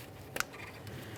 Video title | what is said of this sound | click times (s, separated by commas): How to Replace Air Ride Suspension Compressor 2011-2021 Jeep Grand Cherokee | Press this in, listen for a click. | 0.4 s